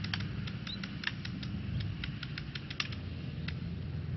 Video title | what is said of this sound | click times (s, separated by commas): Did I hit it? | and we'll hear a click | 2.8 s